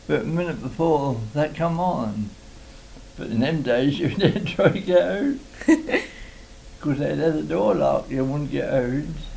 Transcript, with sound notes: about a minute before they come on. But in them days, [laughs] you'd try to get out. [laughs] 'Course, they had the door locked. You wouldn't get out.